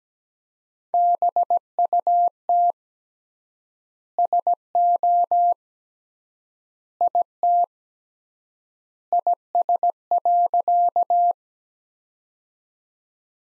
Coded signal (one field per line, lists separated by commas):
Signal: Morse code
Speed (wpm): 17 wpm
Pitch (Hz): 700 Hz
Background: none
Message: BUT SO IT IS.